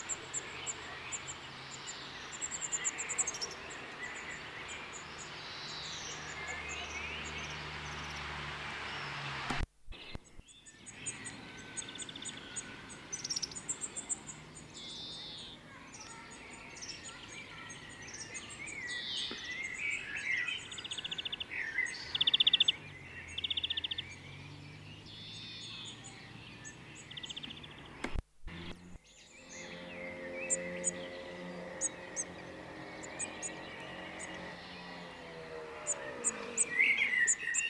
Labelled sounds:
Common Blackbird

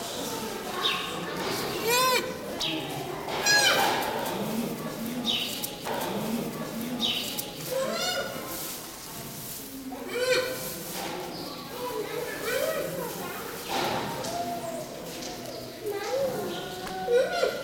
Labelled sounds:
Black Rhinoceros

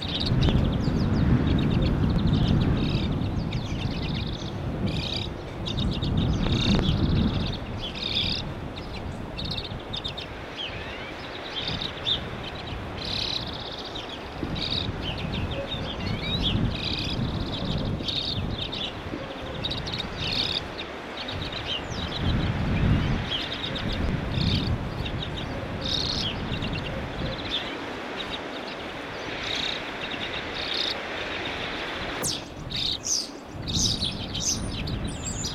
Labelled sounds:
Common Redpoll call

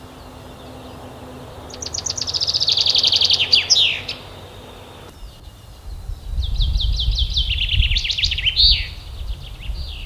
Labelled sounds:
Common Chaffinch song

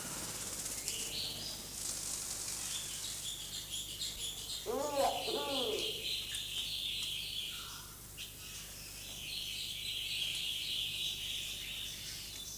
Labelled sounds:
Diamond Dove courtship call

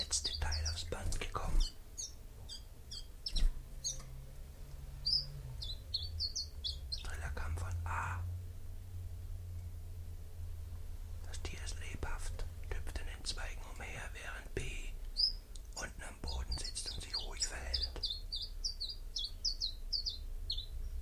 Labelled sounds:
Common Chiffchaff song

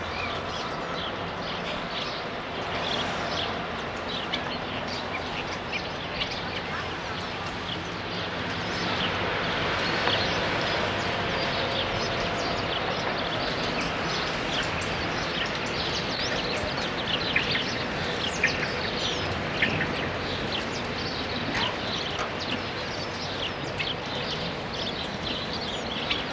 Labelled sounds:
Coal Tit song

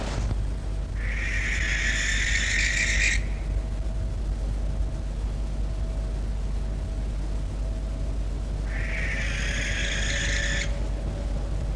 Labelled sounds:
Western Barn Owl flight call

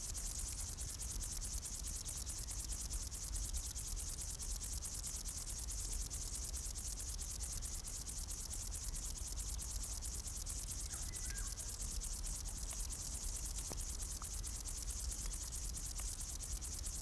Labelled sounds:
Upland Field Grasshopper stridulation

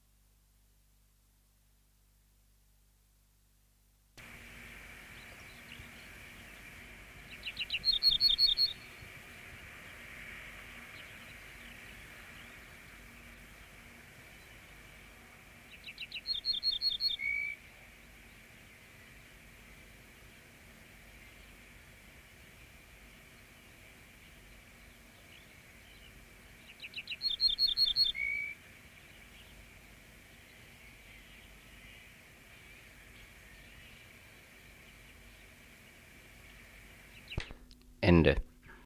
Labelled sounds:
Ortolan Bunting song

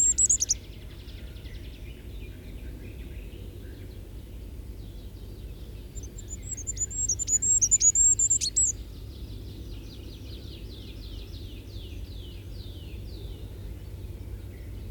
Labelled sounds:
Goldcrest song

